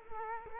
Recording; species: mosquito wingbeat signal from an infrared sensor; Culex quinquefasciatus